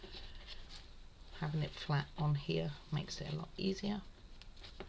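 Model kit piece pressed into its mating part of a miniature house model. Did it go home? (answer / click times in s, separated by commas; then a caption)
no / none. Someone talks while a wooden or plastic part of a DeAgostini Moomin House model (Issue 69, dormer window and guest bed build) lies flat on the work surface, ready to be pressed down into its mating part. A few faint handling ticks follow near the end, but nothing has seated or clicked yet.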